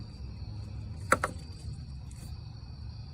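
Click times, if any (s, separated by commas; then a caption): none. A wiring harness electrical connector is pushed onto an aftermarket alternator on a 2009–2014 Hyundai Sonata, over a steady high-pitched, insect-like hum. Two brief sharp sounds come at about 1.1 and 1.2 seconds, with a faint one near 2.1 seconds. The connector has not clicked in, so it is not seated yet.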